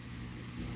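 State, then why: Not seated. The two halves of a homemade fishing sinker mold, with a wire placed inside, are being handled and brought together to close. Only a steady low rumbling hum is heard for the whole 0.8 seconds, with no distinct knock. Nothing has seated or clicked yet.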